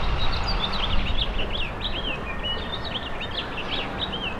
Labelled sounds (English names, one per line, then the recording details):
House Finch song
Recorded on Long Island, New York, on 20 April 2012
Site GC
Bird B